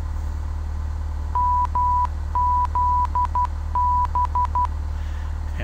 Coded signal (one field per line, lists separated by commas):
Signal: Morse code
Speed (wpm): 12 wpm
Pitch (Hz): 990 Hz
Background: none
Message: MZB